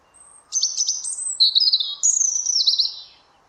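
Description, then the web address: European robin giving a continuous high, sweet warbling phrase of quick trills and slurred whistles lasting about two and a half seconds. "Deverinetal 2025 File origin Bird Only Er Ru"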